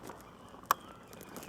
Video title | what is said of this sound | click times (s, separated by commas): Dodge Avenger: Easy Tail Light Assembly & Bulb Replacement Tutorial! #dodge | then you can hear it snap into place | 0.7 s